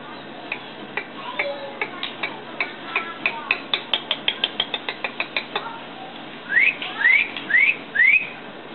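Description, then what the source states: White-rumped shama song: a run of sharp ticking clicks that speeds up, followed by four quick rising whistled notes near the end. Masteran (training) recording of white-rumped shama (murai batu).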